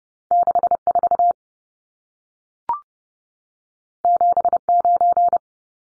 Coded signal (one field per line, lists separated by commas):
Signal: Morse code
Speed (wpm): 30 wpm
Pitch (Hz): 700 Hz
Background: none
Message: 64 79